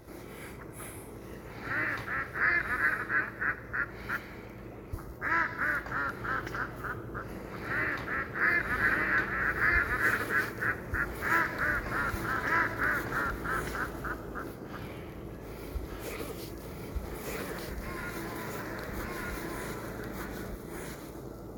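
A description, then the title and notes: Ducks break into rapid runs of quacking that sound like laughter, loud bursts from about two to thirteen seconds with short pauses between runs. The calls are nasal, then fade to sparser, quieter quacks over a steady low murmur of background noise. Ducks Laughing.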